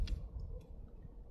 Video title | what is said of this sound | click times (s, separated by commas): UMAREX T4E TP50 Gen2 | zaistí sa smerom dole a | 0.1 s